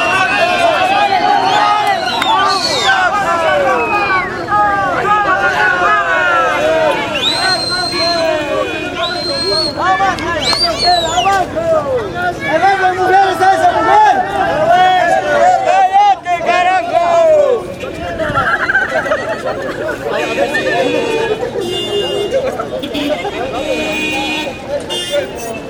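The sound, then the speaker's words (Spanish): An angry protest crowd in the street at Cruz de Viacha, El Alto, during a residents' march against the transport unions: many voices shouting and clamoring over each other, loud and unbroken for the whole stretch, with occasional shrill whistle-like tones cutting through. “Acá en la Cruz de Viacha, este es el ambiente que se registra.”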